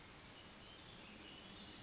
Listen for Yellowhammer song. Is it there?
no